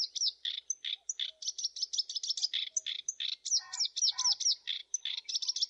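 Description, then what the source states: Black-browed reed warbler song, a fast, continuous chatter of harsh, buzzy notes mixed with sharp whistled chips, the phrases changing rapidly with barely a pause. Masteran training recording.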